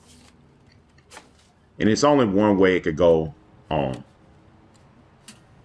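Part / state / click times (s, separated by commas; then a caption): blower tube section into leaf blower body / seated / 5.3 s. Someone talks while the plastic blower tube section of a Kobalt 80 Volt Max lithium-ion 140 MPH brushless cordless electric blower is pushed onto the blower body, a piece that only fits on one way. After a few faint handling ticks, a sharp click at 5.3 s marks the tube snapping into place, seated on the body.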